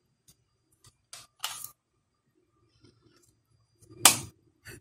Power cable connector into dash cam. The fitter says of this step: it clicks in place so that lets you know that it's fully connected securely connected and